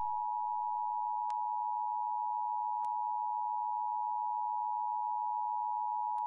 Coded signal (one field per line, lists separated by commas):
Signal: Emergency Alert System (SAME) tones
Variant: 853 and 960 Hz attention tone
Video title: FOX 29 KABB San Antonio Affiliate EAS Test Reconstruction 1 (2000)